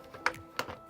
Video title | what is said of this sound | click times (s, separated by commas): Light INSIDE A Shed With No Electricity! Lepower Solar Light | should click into place yes click yay all right so we're done | 0.3 s, 0.6 s